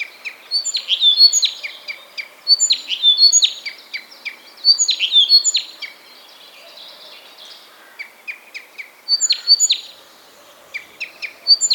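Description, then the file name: Blyth's reed warbler with a lively, jumbled song of clear whistles, ticks and rapid twittering, a quieter pause midway before the bursts resume. "kamyshovka sadovaja"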